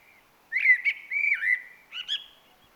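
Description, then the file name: Common blackbird song, a mellow warbled phrase of looping whistles followed by a brief squeaky twitter after a short pause. "Turdus merula"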